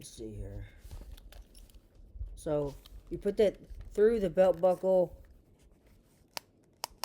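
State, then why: Seated. A ratchet belt strap is pushed through its buckle while someone talks. The buckle's teeth catch with three sharp clicks at 6.4, 6.8 and 7.0 seconds as the strap engages and seats.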